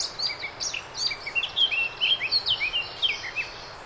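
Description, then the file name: Eurasian blackcap song: a quick scratchy warble leading into a run of loud, clear, fluty slurred whistles. "Sylvia atricapilla"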